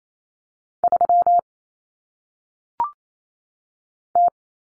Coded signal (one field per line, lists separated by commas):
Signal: Morse code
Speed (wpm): 28 wpm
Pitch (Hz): 700 Hz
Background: none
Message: 3 T